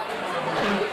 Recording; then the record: coughing mixed with background sound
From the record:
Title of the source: Barking cough - # 10